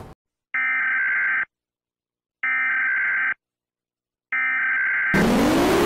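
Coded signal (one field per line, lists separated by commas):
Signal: Emergency Alert System (SAME) tones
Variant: header bursts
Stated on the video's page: Simulated EAS alarm mixed with tornado sounds in the background.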